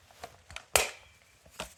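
A rifle's side-folding stock is folded and latches into its hinge lock on the receiver with one sharp, loud metallic snap at 0.8 s, locking in place rather than being held by friction. Softer handling clicks come before it, and a smaller knock follows near 1.6 s. No one speaks.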